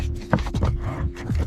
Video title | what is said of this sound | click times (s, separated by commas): Tesla Cabin HEPA Filter Installation and AC Odor Cleaning Guide | all right you should hear everything snap right back in | 0.3 s